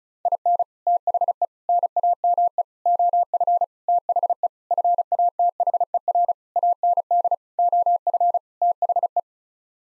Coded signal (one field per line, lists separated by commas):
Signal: Morse code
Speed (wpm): 36 wpm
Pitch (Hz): 700 Hz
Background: none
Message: IN THE NAME OF THE FATHER AND OF THE